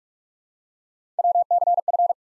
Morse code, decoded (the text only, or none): WCF